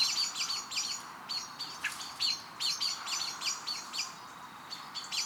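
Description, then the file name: Common blackbird uttering rapid, slightly irregular chink notes, hard and metallic, running almost without a break. "Turdus merula"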